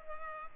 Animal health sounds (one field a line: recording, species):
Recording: mosquito wingbeat signal from an infrared sensor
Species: Culex pipiens